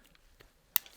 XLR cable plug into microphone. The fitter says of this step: want to hear that snap so now we know it's clipped into the mic